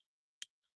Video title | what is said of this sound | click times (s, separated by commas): Jazz's Life is live! | That goes into that recess. And it should just snap right in | 0.4 s